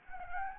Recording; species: mosquito wingbeat signal from an infrared sensor; Anopheles gambiae